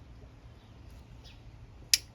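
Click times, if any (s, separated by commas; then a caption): 1.9 s. A sealed electrical connector with a rubber seal is pushed back onto its socket on a charging system component of a 2008 Ford Taurus. A low, steady hum with faint rustles is followed by one sharp, bright click at 1.9 s. The connector locks and is confirmed seated.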